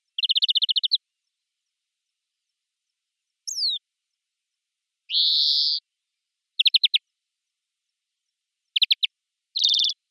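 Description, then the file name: European greenfinch calls: a rapid dry twittering trill, a thin descending note, a buzzy nasal wheeze, then short clipped bursts of quick notes and another wheeze. "Chloris chloris"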